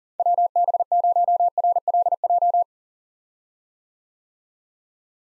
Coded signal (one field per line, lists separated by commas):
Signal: Morse code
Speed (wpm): 39 wpm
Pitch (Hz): 700 Hz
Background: none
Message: WB0RLJ